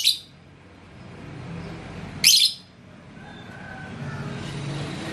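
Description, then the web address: Lovebird giving two piercing, rasping chirps about two seconds apart. "love-bird suara-lovebird-paud"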